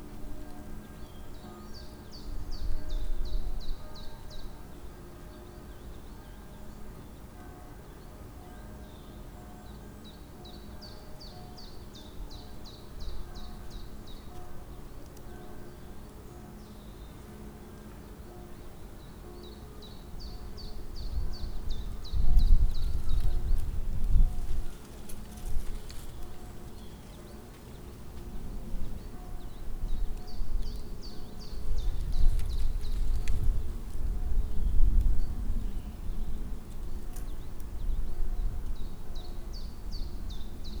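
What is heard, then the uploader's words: Spring afternoon in a hilltop park: a bird repeats a short trilling phrase every ten seconds over steady hum, with low thumps midway. Spring Day Atop Tivoli. Recorded in Tivoli Park, in Ljubljana, Slovenia.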